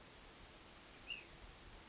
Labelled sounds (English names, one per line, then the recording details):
Ash-throated Flycatcher
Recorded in Sonoma County, California